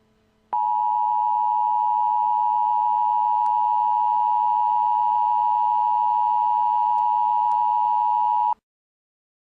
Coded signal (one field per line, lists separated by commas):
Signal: Emergency Alert System (SAME) tones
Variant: 853 and 960 Hz attention tone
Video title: Eas scenario 4: the Orange moon a thanksgiving scenario